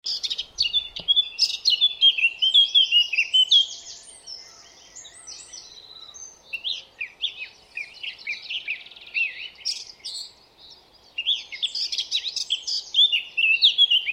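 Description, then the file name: Eurasian blackcap song, bursts of quick warbled and chirped notes separated by short quieter gaps. "Sylvia atricapilla"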